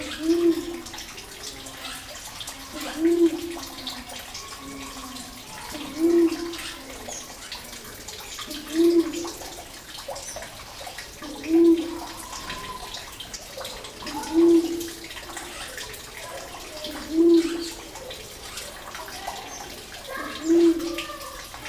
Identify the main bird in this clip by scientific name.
Gallicolumba tristigmata